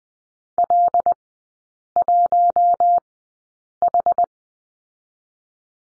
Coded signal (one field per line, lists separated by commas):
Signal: Morse code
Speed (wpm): 20 wpm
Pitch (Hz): 700 Hz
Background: none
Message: L1H